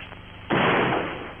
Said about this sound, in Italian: Hai visto, Furia? L'ho centrato con il mio primo colpo di carabina.